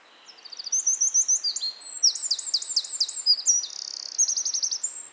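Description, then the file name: Eurasian wren singing a long, vigorous phrase of high, rapid trills and clicking notes, shifting between rattles for nearly five seconds. "Troglodytes troglodytes"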